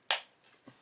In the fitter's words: and hear it click in. That's taken pretty much all my strength to clip them in.